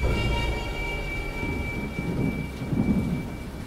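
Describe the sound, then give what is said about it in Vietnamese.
Deep, rolling thunder rumbles steadily for several seconds, swelling slightly near the end, with a hiss of rain and faint steady tones layered over the low boom. “Tiếng sấm động vang vọng khiến cụ Đồng cùng những người khác giật mình đưa mắt nhìn nhau.”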